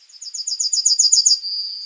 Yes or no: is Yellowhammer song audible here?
yes